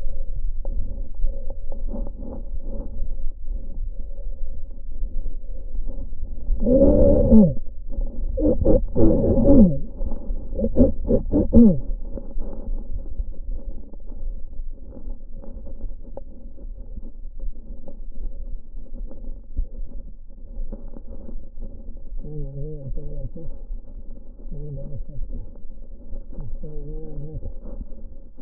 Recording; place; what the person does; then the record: lung sounds by stethoscope; left posterior basal chest; quiet breathing, then cough and speech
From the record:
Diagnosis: interstitial lung disease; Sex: male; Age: 72 years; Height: 167 cm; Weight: 74 kg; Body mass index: 26.5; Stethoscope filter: diaphragm mode